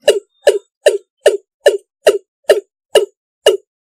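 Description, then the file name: East Asian bullfrog giving short, abrupt croaks, nine in a row, in a quick, steady run against silence. Singing frog (the source's local name, tiếng gà đồng). "tieng ga dong"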